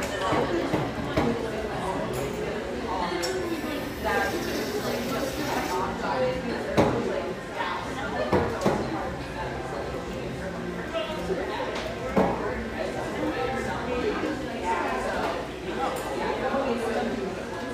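Inside the exposed-brick spot frequented by railyard staff, many voices blend into a steady, dense chatter that stays at an even level for the whole stretch. Sharp clinks and knocks cut through now and then, notably around seven, nine and twelve seconds.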